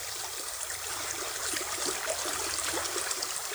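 A fast-flowing brook in Irrstedt rushes and babbles steadily, a dense, continuous wash of bright splashing and gurgling water at an even, moderate loudness, with no voices.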